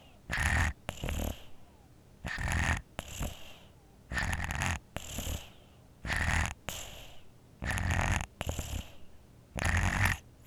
Baby Infant Sleeps Snores With a Cold Congested.